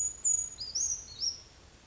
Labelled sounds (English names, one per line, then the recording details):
Brown Creeper
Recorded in Sonoma County, California